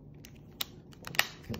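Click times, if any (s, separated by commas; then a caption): none. Short, sharp plastic ticks and clacks are heard as the plastic back cover is pressed onto a pocket Wi-Fi router holding a swollen old lithium-ion battery, with the loudest taps near 0.6 s and 1.2 s. The cover lifts up over the swollen battery and does not snap in, where it would close snugly with a new battery, so nothing has seated or clicked.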